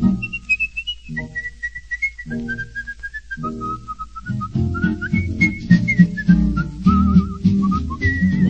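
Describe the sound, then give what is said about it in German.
A person whistles a clear, high melody that glides through a sequence of sustained and slurred notes over a soft instrumental accompaniment that grows fuller and busier in the second half. “Doch erreicht in jedem Fall man durchs Pfeifen noch viel mehr.”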